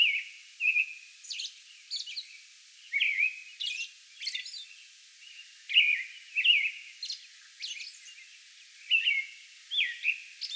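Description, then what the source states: American robin whistling short slurred phrases in groups, alternating with high faint squeaks and brief pauses. Song bout recorded May 11.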